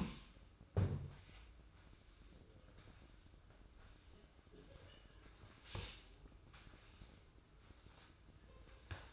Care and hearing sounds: daily activity, microphone in the room; sweep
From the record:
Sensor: 2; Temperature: 24.2 degrees Celsius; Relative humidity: 31.4%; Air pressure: 995.8 hPa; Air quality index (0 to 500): 93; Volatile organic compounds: 5 ppm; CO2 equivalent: 1716 ppm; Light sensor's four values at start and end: 26/82/32/31 and 23/74/29/29

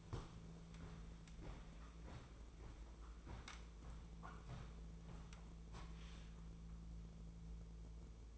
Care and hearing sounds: daily activity, microphone in the room; walk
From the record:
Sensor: 1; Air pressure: 1005.6 hPa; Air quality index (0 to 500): 127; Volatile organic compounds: 5 ppm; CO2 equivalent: 1784 ppm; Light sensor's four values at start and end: 10/22/9/10 and 11/27/11/12

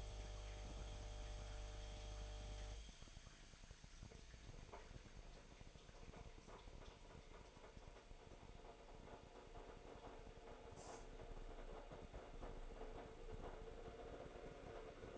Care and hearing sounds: daily activity, microphone in the room; make coffee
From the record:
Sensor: 5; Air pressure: 1002.1 hPa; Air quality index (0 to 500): 217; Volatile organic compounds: 24 ppm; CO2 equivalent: 2822 ppm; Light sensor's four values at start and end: 10/23/9/10 and 10/23/9/10

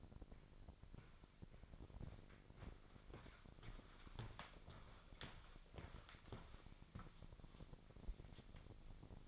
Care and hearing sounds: daily activity, microphone in the room; walk to room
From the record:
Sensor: 5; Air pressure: 999.5 hPa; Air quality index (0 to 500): 220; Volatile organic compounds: 20 ppm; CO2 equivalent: 2696 ppm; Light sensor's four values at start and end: 35/81/32/31 and 33/73/31/30

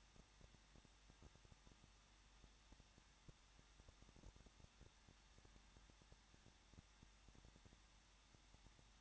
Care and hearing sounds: daily activity, microphone in the room; no activity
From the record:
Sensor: 3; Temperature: 21.2 degrees Celsius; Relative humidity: 36.2%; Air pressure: 1006.5 hPa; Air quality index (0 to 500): 220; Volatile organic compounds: 39 ppm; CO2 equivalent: 3134 ppm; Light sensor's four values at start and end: 2/3/2/2 and 2/3/2/2

